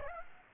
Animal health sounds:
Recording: mosquito wingbeat signal from an infrared sensor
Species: Aedes aegypti

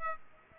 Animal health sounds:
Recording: mosquito wingbeat signal from an infrared sensor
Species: Aedes aegypti

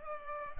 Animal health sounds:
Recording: mosquito wingbeat signal from an infrared sensor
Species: Culex pipiens

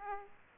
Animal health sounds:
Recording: mosquito wingbeat signal from an infrared sensor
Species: Aedes aegypti

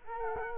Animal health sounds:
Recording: mosquito wingbeat signal from an infrared sensor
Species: Culex quinquefasciatus

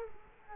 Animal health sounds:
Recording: mosquito wingbeat signal from an infrared sensor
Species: Culex quinquefasciatus

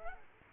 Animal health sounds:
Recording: mosquito wingbeat signal from an infrared sensor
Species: Culex quinquefasciatus

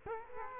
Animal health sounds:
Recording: mosquito wingbeat signal from an infrared sensor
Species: Culex quinquefasciatus

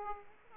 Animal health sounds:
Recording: mosquito wingbeat signal from an infrared sensor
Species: Aedes aegypti

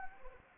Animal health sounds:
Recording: mosquito wingbeat signal from an infrared sensor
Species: Anopheles arabiensis

